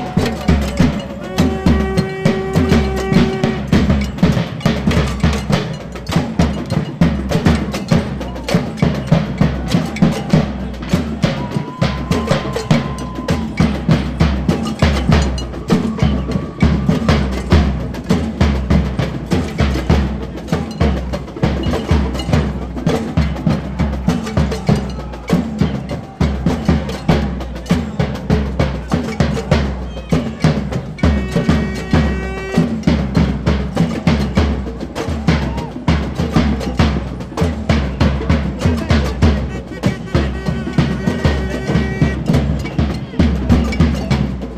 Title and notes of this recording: Québec student strike drums. Percussion on the streets of Montreal during the eighth consecutive night student protest in solidarity with the Quebec student strike